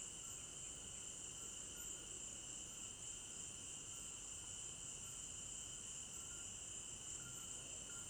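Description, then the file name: Crickets sing as a seamless high chorus, a ringing trill over a lower even buzz, with soft noise beneath. Crickets at night in an African village garden; stereo binaural recording. "African-Village Garden Night Crickets 01 Stereo-Binaural"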